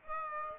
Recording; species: mosquito wingbeat signal from an infrared sensor; Aedes aegypti